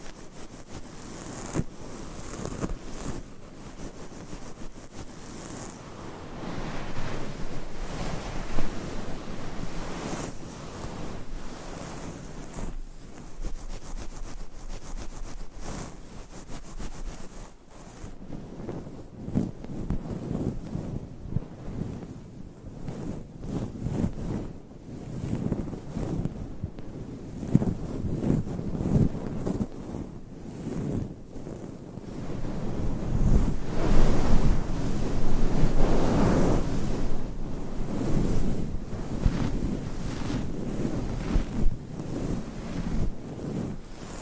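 Mic scratching fills the recording with a dense, rough rustling that never stops, mostly low and muffled with brighter scraping bursts layered on top. The texture shifts constantly, with rapid short strokes throughout and a louder, fuller stretch around 33 to 38 seconds.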